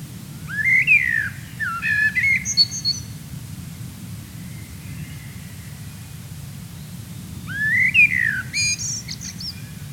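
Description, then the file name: Common blackbird song in two phrases, rich rising-and-falling whistles followed by high squeaky trills, with a long gap between them and faint low background noise. "Turdus merula"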